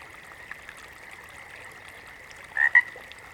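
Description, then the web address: Water frog croak near the end, one brief double-pulsed note after a stretch of steady droning background. "Sounds of Nature Collection. Water Frogs"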